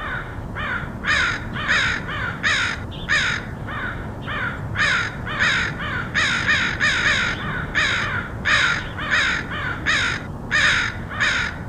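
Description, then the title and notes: Crows cawing, harsh caws in quick runs of several notes with short gaps, a few birds calling over one another against steady low background noise. Crows recorded in Portland, Oregon, in August 2003. "Crows of Portland. Crows recorded by Dan Bodah in Portland, OR, August 2003"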